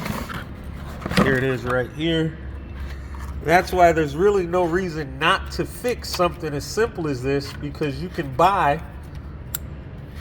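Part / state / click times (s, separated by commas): electrical connector onto ignition coil / seated / 9.5 s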